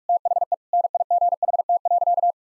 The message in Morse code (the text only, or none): THE NIGHT.